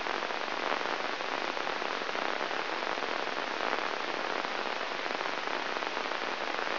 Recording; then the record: brain microelectrode recording played as sound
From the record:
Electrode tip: inside the subthalamic nucleus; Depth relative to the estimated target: 1 mm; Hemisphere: left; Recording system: AlphaMap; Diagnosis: Parkinson's disease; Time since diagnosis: 12 years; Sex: female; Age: 56 years